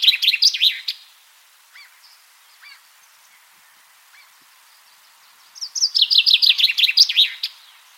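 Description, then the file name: Common chaffinch: the tail of one song, a few faint notes, then a complete fast descending trill closing with a flourish. "Fringilla coelebs"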